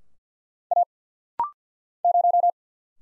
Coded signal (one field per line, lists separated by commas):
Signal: Morse code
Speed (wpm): 49 wpm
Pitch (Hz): 700 Hz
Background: none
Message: A 0